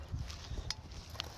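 An interlocking concrete paver block is handled against the neighbouring paver, its shaped edges lined up to fit snugly. Sharp block-on-block knocks sound at 0.3, 0.7 and 1.2 seconds over a low rumbling background. Nothing has seated yet.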